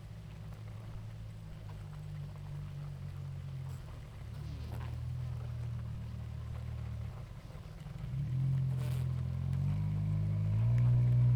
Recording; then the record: honeybee colony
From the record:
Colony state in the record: active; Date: 28 July 2017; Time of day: 18:52